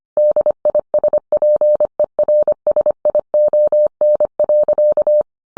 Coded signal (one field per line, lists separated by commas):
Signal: Morse code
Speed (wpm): 25 wpm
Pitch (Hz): 600 Hz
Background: none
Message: DISPERSION.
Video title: 20230730 Will the real inventor of Morse code please stand?